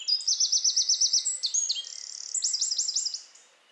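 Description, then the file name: Eurasian wren song: fast repeated high notes, a short trill, then more clipped falling notes. "Troglodytes troglodytes"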